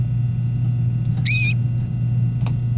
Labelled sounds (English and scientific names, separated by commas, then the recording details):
Domestic Canary (Serinus canaria) song
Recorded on 24 April 2018 at 18:27
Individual llb3